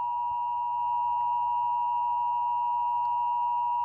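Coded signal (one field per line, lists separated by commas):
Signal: Emergency Alert System (SAME) tones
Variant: 853 and 960 Hz attention tone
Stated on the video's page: Required monthly test SAME tones on AT&T U-verse TV service.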